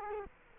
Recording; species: mosquito wingbeat signal from an infrared sensor; Culex quinquefasciatus